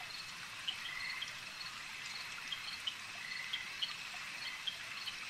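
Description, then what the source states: Insects keeping up a steady shrill drone, with small bright chirps popping up here and there. A swarm of insects.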